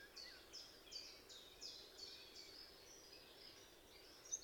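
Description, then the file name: Eurasian wren delivering a fast series of high, clipped notes in regular bursts that blur into a thin trill near the end, faint against soft background noise. "Troglodytes troglodytes"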